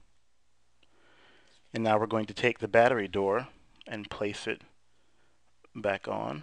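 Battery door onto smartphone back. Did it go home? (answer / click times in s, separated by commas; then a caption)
no / none. A plastic battery door for an HTC Touch Pro smartphone is picked up and readied to be placed back onto the back of the phone. Someone talks, and faint brief ticks of handling occur around 0.8 s and 5.7 s. The door has not been pressed home or clicked into place yet.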